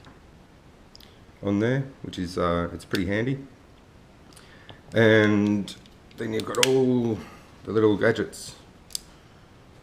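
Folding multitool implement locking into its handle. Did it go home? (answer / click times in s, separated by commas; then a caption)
yes / 9.0 s. A small implement on a folding multitool is opened while someone talks, and it locks open into its handle with a sharp metal click at 8.9 s. The tools lock into place and need a tab pulled down to release them.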